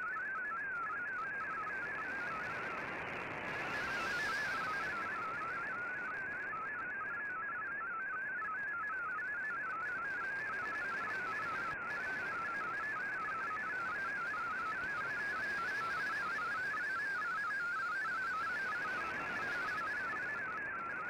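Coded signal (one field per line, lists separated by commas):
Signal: multi-tone FSK (Olivia or MFSK type)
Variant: MFSK32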